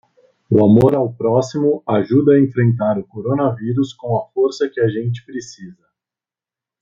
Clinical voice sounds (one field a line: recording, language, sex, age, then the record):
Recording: spoken sentence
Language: Brazilian Portuguese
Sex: male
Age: 20 to 29 years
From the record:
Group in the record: control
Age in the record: 25 years